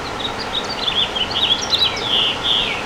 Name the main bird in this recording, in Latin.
Haemorhous mexicanus